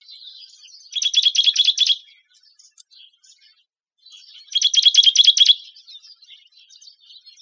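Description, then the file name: Juniper titmouse calling in quick scolding chatters, a loud burst near the start and another after a pause, with faint high notes in between. "JUTI 5 Deviche"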